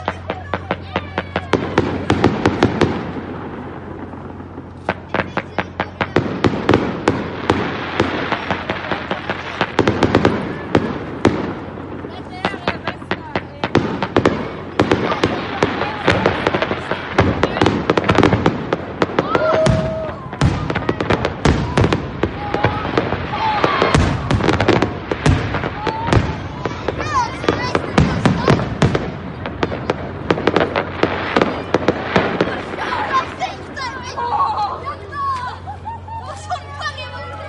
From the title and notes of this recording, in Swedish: Eit tre minuttar langt fyrverkerishow kunne folk få med seg over Leirvik.